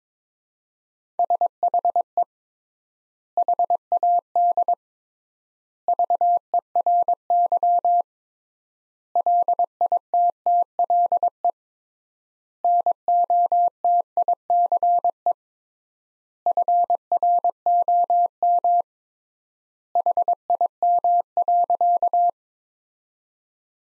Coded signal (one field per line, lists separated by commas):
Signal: Morse code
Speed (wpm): 22 wpm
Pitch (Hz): 700 Hz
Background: none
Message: SHE HAD VERY LITTLE NOTICE FROM HIM.